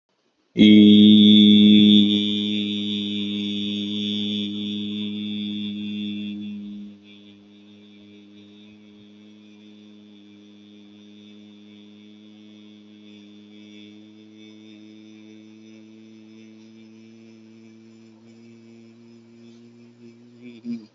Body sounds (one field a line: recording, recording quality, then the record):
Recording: sustained vowel as in beet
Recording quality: excellent, no background noise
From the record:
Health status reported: healthy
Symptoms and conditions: none ticked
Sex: male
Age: 29 years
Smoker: not ticked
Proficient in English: yes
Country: India